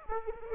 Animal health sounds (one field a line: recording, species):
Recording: mosquito wingbeat signal from an infrared sensor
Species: Aedes aegypti